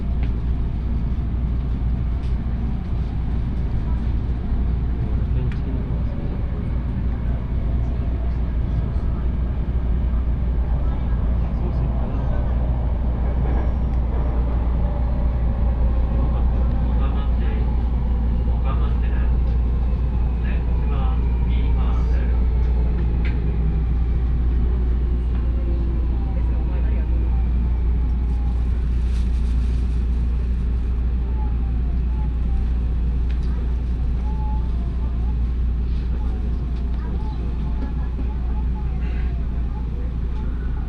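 A ride on the Osaka Monorail, with a deep, steady rumble running evenly through all forty seconds. Faint voices murmur underneath, and thin motor tones glide slowly downward between roughly 15 and 25 seconds, with light rattles and clicks scattered throughout.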